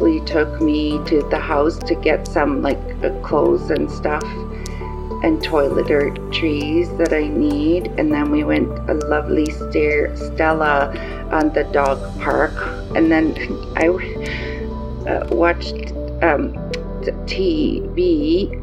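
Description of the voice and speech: A 54-year-old woman, about a week after a stroke, recounts her day in halting speech, with pauses of up to a second, fillers, stretched sounds, restarts and a self-correction, and small words dropped. This fits mild aphasia from the stroke, with word-finding trouble and errors in grammar and word order, and without physical deficits.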